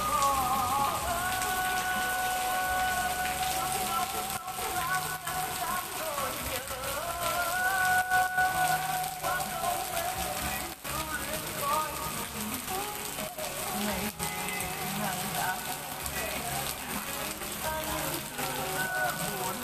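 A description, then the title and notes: Rain falls steadily in Danang, Vietnam, a dense, even hiss that holds at the same loudness for the whole stretch. Faint voices or tonal sounds drift in and out through the middle, with brief wavering tones early and around eight seconds. Raining Season Started at Danang, Vietnam.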